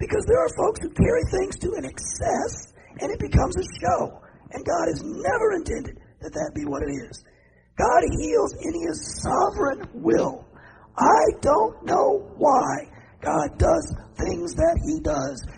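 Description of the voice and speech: A man preaches in a rough, breathy, strained voice, a raspy whisper. The voicing is pitched unusually high, with devoiced stretches and drawn-out sounds between phrases. This is severe dysphonia three years after he suddenly lost his voice mid-sermon, from damage to the myelin sheath of the vocal cords that voice therapy could not help.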